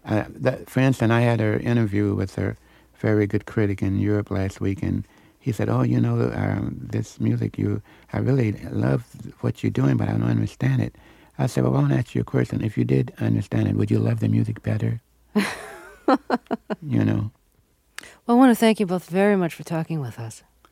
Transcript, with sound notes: for instance, I had an interview with a very good critic in Europe last week, and he said, Oh, you know, this music, you -- I really love what you're doing, but I don't understand it. I said, Well, I want to ask you a question. If you did understand it, would you love the music better?
(laughs)
You know.
Well, I want to thank you both very much for talking with us.